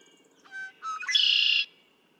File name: Red-winged Blackbird